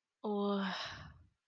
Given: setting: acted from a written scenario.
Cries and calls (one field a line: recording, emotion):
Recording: vocal sound without words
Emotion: confusion